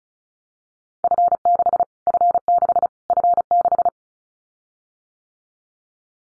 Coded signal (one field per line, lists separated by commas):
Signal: Morse code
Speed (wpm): 34 wpm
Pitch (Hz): 700 Hz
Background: none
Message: F6 F6 F6